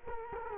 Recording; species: mosquito wingbeat signal from an infrared sensor; Culex quinquefasciatus